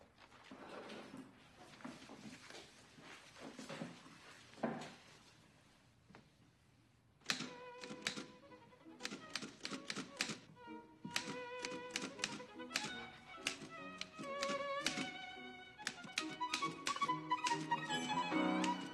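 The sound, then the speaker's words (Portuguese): Typewriter keys clack in quick, irregular bursts, soft and muffled at first, then turning loud and crisp, with bright metallic ringing tones between the strikes and no voices. “Arquivo, contas, manter a minha agenda em dia, taquigrafia e datilografia, é claro. Como está a sua datilografia?”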